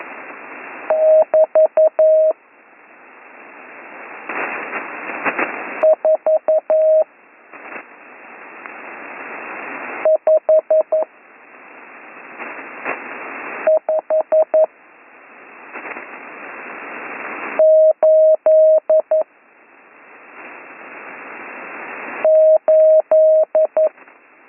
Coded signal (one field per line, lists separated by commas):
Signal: Morse code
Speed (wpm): 11 wpm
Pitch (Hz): 630 Hz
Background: radio noise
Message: <BT> 4 5 5 8 8